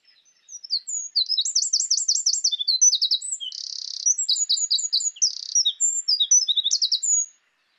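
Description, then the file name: Eurasian wren giving a long, vigorous song of about seven seconds, packed with shrill trills, quick repeated notes and two harsh buzzing rattles. "Troglodytes troglodytes"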